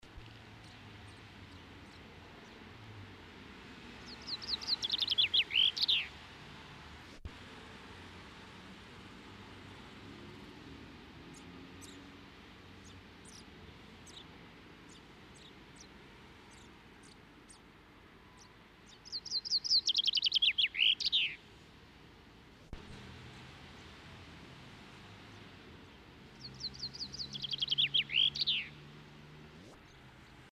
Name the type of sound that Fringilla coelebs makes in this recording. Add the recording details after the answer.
song. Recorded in the wild. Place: Garmisch-Partenkirchen, Bayern, DE. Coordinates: 47.4917, 11.0956. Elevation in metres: 704. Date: 1973-04-28. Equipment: Nagra IV, Sennheiser MKH 405, Parabolreflektor. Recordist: Tretzel, Erwin. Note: Neuer Platz bei Chinarestaurant, Volksschule und Bayernstüberl, Garmisch-Partenkirchen: Gesang